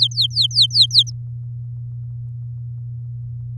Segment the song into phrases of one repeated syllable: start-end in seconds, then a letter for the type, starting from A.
0.00-1.10 A